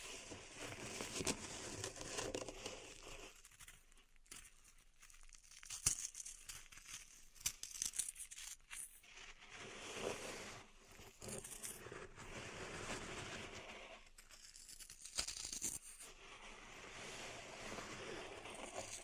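Pink salt in a zen garden is raked and stirred, giving a grainy, crinkling hiss that swells and fades in uneven strokes. The scraping thins out briefly around four to five seconds, and a few sharp taps or clicks land near six, seven and fifteen seconds.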